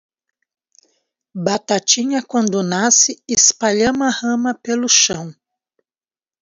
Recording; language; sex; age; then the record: short text; Brazilian Portuguese; female; 50 to 59 years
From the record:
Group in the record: control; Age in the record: 54 years